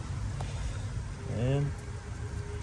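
A rubber spark plug boot is being pushed down onto a spark plug in the engine head of a Jeep Wrangler TJ, with a low steady rumble underneath. Someone talks briefly, and there is a short sharp sound at about 0.4 s. Nothing has seated or clicked yet.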